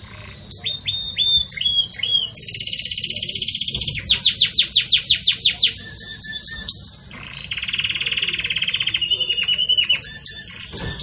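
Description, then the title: Belgian canary in continuous varied song: high chips, a rolling rattle, rapid descending pulses, a whistled upslur, then steady fast trills, all high-pitched. Domestic canary of the Belgian breed singing the pure "campainha" song style, with pauses, recorded for training other canaries. "Canto Canário Belga Campainha Puro Com Pausa Para Treinamento"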